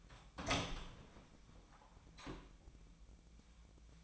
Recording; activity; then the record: daily activity, microphone in the room; open door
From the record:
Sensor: 1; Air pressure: 1009.3 hPa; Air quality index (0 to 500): 185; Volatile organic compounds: 4 ppm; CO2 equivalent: 1558 ppm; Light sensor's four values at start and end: 43/111/47/55 and 44/114/48/56